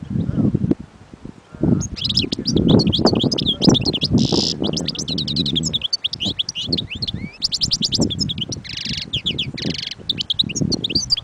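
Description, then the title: European goldfinch song starting after a brief quiet opening: dense, rapid twittering with harsh buzzy bursts, over low background noise. Wild bird. "اجمل غناءالحسون الخلويchant chardonneret sauvage collection"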